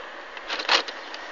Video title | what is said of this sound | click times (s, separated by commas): presentation du nerf:mega centurion | attendez voilà entendre le clic c'est un peu dur parce qu'il est lourd aussi | 0.9 s, 1.1 s